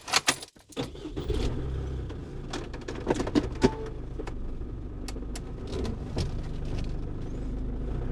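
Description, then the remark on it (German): A car brake creaks and clicks in short, irregular snaps as the foot on the brake pedal is eased off, over a steady low engine rumble, with a few brighter cracks standing out and no talking. “Das kann auch die Bremse sein, weil ich einen Fuß auf der Bremse okay habe. Wenn ich den entlaste, dass der ein bisschen so, knackt.”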